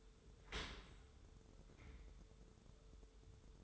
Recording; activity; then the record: daily activity, microphone in the room; open dishwasher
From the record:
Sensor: 3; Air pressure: 1014.9 hPa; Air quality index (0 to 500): 34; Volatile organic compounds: 1 ppm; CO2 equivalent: 557 ppm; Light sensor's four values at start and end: 11/26/11/11 and 11/26/11/11